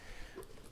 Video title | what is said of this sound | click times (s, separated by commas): My Extractor Snapped! What Did I Replace It With That Has A LOT More Power for Half the Cost? | But all you do, press in until it snaps, you're good to go. | 0.4 s